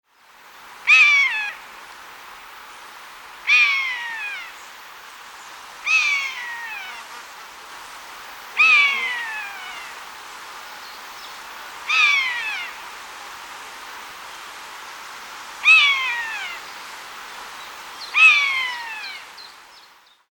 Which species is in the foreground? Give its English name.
Common Buzzard